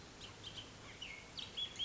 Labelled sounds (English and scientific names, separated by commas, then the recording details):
Bullock's Oriole (Icterus bullockii)
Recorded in Sonoma County, California